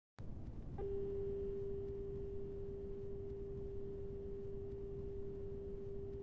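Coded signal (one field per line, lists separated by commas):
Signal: telephone call progress tone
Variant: Japan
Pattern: dial tone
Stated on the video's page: Distorted dial tone used in the theme music.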